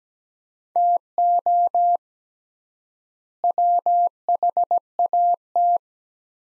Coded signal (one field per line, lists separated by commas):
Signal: Morse code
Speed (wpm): 17 wpm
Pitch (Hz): 700 Hz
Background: none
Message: TO WHAT